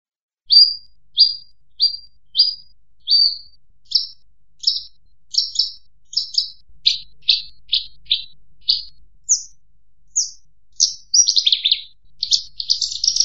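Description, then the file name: Horsfield's bush lark song opening with evenly repeated high chirps, shifting into varied notes and a fast jumbled twitter at the end. "suara burung branjangan"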